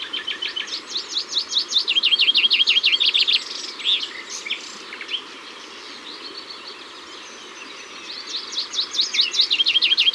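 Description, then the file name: Common chaffinch song: rapid trills of sharp repeated notes lasting a few seconds, then a quieter gap and another trilled phrase. In the Ardèche. "Pinson-Des-Arbres-Concerts-Naturels-De-l Ardeche"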